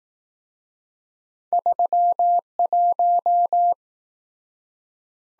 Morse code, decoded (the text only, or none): 31